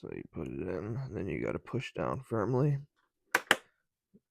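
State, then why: Seated. Someone talks while a DDR RAM stick is pushed firmly down into a white DIMM slot on the motherboard of an Alienware Aurora R12, R11 or R10. Two sharp clicks at 3.4 s and 3.5 s are the two plastic retention tabs snapping shut, and the module is seated.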